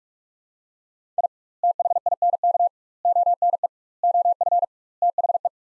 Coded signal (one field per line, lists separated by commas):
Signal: Morse code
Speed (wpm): 46 wpm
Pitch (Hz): 700 Hz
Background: none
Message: I THINK ONE OF THE